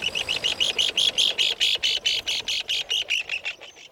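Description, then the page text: Least Auklet calls, a rapid series of short buzzy chirps. Tiny seabirds that flock by hundreds or thousands, dive for tiny crustaceans, and in summer form massive breeding colonies on rocky islands of the North Pacific. "Least Auklet: Seabirds in Miniature (BirdNote. Chirp Nature Center"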